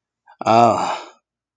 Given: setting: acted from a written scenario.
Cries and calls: vocal sound without words; negative surprise

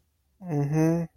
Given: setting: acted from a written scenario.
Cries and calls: vocal sound without words; romantic love

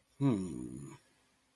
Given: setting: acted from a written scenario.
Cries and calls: vocal sound without words; neutral

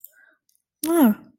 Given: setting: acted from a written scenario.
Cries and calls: vocal sound without words; neutral

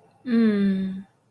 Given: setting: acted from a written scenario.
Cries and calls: vocal sound without words; serenity

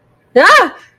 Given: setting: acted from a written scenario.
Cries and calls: vocal sound without words; fear

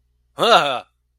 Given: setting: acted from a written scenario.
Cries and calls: vocal sound without words; negative surprise

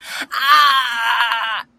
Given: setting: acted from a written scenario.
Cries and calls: vocal sound without words; pain

